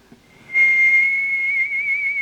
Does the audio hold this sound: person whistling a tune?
yes